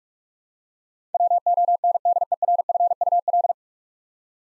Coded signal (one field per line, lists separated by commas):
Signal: Morse code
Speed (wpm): 46 wpm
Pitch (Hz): 700 Hz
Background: none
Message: WONDERFUL